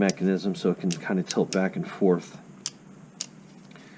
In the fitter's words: And then it also locks into place.